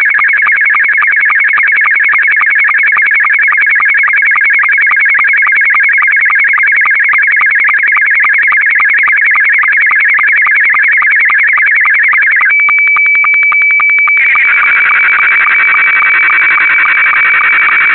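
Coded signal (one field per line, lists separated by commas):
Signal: SSTV (slow-scan television)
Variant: Scottie 2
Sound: warbling, scratchy tones in rapid, even pulses, briefly a steady high tone with clicks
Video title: Sending Photo Images through Audio Analog signal (SSTV Scottie 2)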